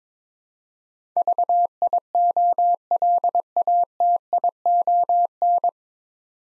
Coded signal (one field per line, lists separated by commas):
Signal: Morse code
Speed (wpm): 22 wpm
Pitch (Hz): 700 Hz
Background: none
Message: VIOLATION